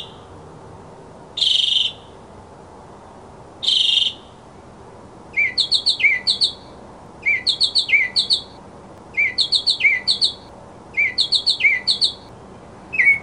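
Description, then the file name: Mockingbird singing: two long harsh buzzy notes, then a run of repeated phrases of short slurred whistles and rapid buzzy chatter. Masteran (tutoring) sound of a mockingbird. "suara masteran mockingbird"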